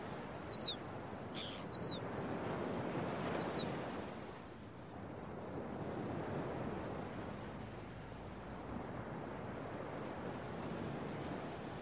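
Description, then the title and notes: Gull cries, three sharp, clipped calls in the first few seconds, then only the continuous roar of surf and waves. Gulls early in the morning at a beach, with waves. "Early Morning Seagulls and Beach Waves. Listen to the sounds of the seagulls and some relaxing beach waves early in the morning. RainManCJ"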